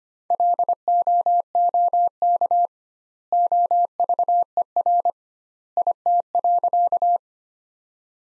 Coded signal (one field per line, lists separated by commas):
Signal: Morse code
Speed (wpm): 25 wpm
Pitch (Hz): 700 Hz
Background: none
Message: LOOK OVER IT.